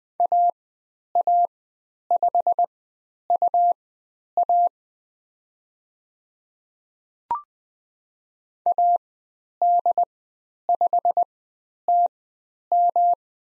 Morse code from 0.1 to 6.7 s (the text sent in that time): AA5UA